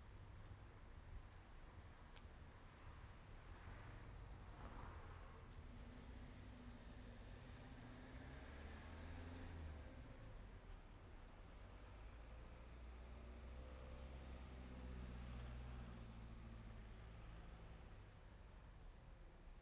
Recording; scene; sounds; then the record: everyday scene through a hearing-aid microphone; in traffic; traffic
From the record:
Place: main road on the outskirts, rush hour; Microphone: behind the ear, left, front